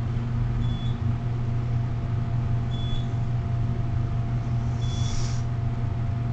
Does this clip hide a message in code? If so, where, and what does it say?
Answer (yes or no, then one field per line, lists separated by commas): no